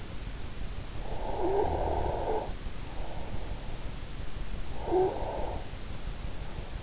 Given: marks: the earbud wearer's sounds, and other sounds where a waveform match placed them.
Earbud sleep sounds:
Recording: sounds in sleep by an in-ear microphone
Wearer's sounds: snoring breath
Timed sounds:
1.19-3.22 s: snoring breath
4.73-5.59 s: snoring breath

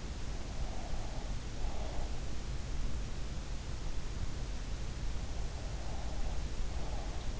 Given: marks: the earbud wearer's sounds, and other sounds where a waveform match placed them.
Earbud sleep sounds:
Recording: sounds in sleep by an in-ear microphone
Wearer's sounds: breath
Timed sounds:
0.32-2.17 s: breath
5.50-7.40 s: breath

